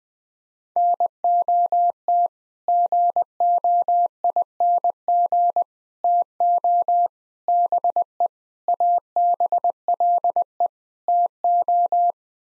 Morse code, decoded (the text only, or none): NOT GOING TO BE ABLE TO